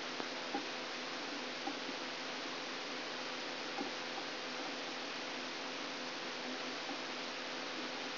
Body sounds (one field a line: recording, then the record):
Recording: brain microelectrode recording played as sound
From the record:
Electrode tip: outside the subthalamic nucleus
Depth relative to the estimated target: -9 mm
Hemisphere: left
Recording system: AlphaMap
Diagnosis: Parkinson's disease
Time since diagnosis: 24 years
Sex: male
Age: 67 years